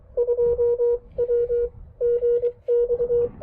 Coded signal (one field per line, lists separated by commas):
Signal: Morse code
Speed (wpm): 23 wpm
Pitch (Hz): 480 Hz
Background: none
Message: 2WGX